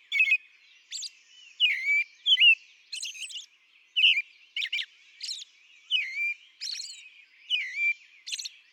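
American robin song: short, clear caroling phrases with quick rising and falling whistles, mixed with high squeaky notes.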